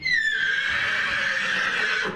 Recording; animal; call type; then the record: contact call of a hoofed animal; horse; whinny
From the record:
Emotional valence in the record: negative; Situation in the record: group separation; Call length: 2.2 s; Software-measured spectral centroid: 2530 Hz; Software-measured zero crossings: 3800 a second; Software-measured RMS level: -24 dBFS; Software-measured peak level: -11 dBFS